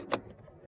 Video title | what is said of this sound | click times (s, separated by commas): 2024 Ford Maverick Flat Bottom Steering Wheel | Okay, I didn't realize, but I did. It did pop. You heard it pop, so | 0.1 s